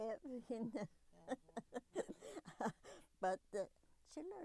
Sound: laughs

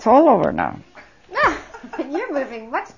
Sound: they laugh

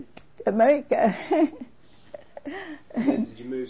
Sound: she laughs

